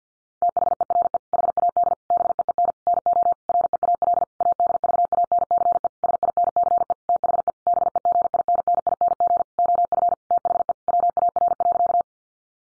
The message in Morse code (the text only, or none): THERE HAD BEEN NO REAL ADVANCE SINCE THE BEGINNING OF THE WAR.